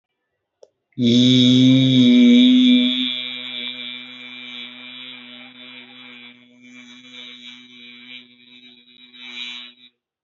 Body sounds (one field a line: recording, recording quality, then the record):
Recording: sustained vowel as in beet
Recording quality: excellent, no background noise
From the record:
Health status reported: exposed to COVID-19, no respiratory illness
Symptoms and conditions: cough, cold, sore throat, loss of smell and taste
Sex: male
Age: 19 years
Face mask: not worn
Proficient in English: yes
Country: India